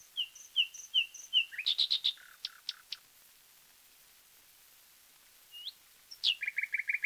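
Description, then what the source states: Common nightingale song: repeated falling whistles, a loud chattering burst, pause, then a rising whistle and a fast repeated series of notes. Taken from a 1936 disc of wild bird songs, side A.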